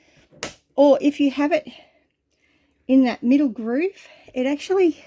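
A caravan window's plastic stay clip on the window frame is unclipped completely so the window works freely, giving a single sharp snap-like click at 0.4 s. Someone talks before and after the click, and the stay is released.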